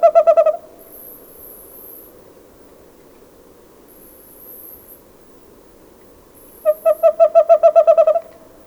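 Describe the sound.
Bird giving rapid bursts of evenly spaced, mellow hooting notes, about seven per second, a short burst at the start and a longer series near the end, with faint high hissing between.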